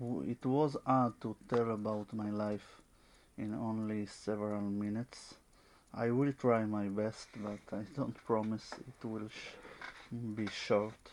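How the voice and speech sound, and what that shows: A 25-year-old man from Israel speaks English in a low voice, with sound prolongations (a drawn-out 's' and a held 'will') and several half-second pauses breaking the flow. These are signs of very severe stuttering with very severe blocks, treated with fluency shaping and stuttering modification therapy.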